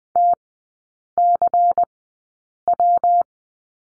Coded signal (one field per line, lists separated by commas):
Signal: Morse code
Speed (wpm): 20 wpm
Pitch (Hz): 700 Hz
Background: none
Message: TCW